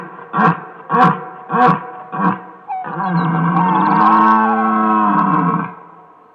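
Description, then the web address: Red deer roaring: four short, deep grunting roars, then one long, drawn-out moaning roar lasting about three seconds before it fades. "jagdlehr sound rothirsch"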